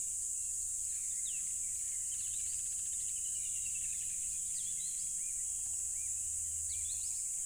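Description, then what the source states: Crickets drone in a steady, piercing high chorus throughout, with soft bird chirps here and there and a faint low hum. Loud crickets recorded at a tropical river.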